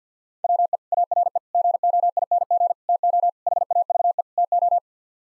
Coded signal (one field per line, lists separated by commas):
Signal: Morse code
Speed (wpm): 45 wpm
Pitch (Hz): 700 Hz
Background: none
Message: WE ARE GOING TO HAVE TO